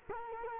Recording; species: mosquito wingbeat signal from an infrared sensor; Culex quinquefasciatus